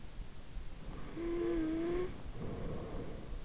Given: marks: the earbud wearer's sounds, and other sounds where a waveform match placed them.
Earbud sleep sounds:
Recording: sounds in sleep by an in-ear microphone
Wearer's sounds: snoring breath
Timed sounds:
0.87-3.37 s: snoring breath

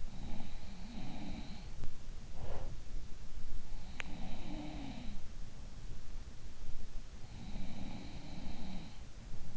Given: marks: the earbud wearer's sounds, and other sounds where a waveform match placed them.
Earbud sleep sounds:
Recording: sounds in sleep by an in-ear microphone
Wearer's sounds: teeth grinding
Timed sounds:
0.03-2.73 s: sound from someone else or the room
3.60-5.20 s: sound from someone else or the room
3.93-4.09 s: teeth grinding
7.16-9.57 s: sound from someone else or the room

